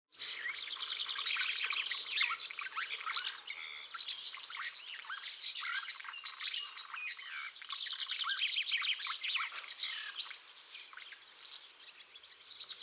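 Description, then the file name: Common house martin twittering: dense, continuous scratchy chirping and trilled notes that overlap throughout. "OKNOWKA"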